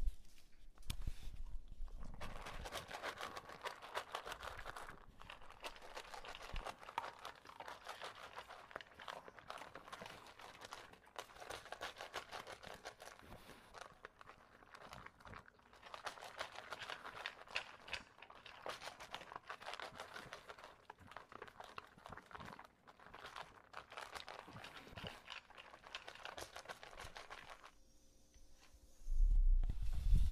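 An English Bulldog eats kibble, with dense, irregular crunching and clicking that runs nearly the whole time in uneven bursts. Brief pauses break the chewing around 14 and 24 seconds, and a louder low rumble of breathing or snorting comes in near the end.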